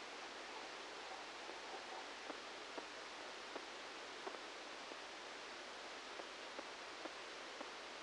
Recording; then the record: brain microelectrode recording played as sound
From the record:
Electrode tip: outside the subthalamic nucleus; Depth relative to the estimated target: -8 mm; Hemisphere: right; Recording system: NeuroSet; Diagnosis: Parkinson's disease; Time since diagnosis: 7 years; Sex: male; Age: 44 years